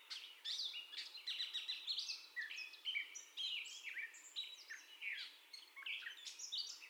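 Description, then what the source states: Gray catbird song, a hurried, jumbled run of squeaky, scratchy and whistled notes that jump up and down in pitch without pause. First song, recorded 30 May 2021.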